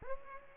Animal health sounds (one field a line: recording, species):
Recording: mosquito wingbeat signal from an infrared sensor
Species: Aedes aegypti